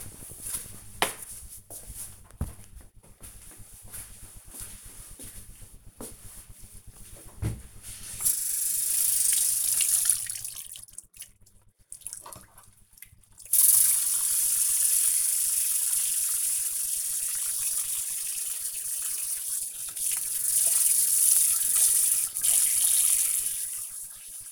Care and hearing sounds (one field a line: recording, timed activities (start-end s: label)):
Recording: household activities, microphone on the right wrist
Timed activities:
6.78-24.52 s: washing dishes